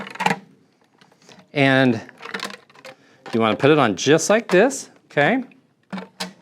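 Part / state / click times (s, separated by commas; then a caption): plastic cover or attachment onto the mop-vacuum component / not seated / none. A plastic cover or attachment is being fitted back onto a component of a Riccar R70 MultiClean Smart Mop & Vacuum while someone talks. Light plastic handling taps and knocks are heard between the words. The clip ends just before the part snaps into place, so nothing has seated or clicked yet.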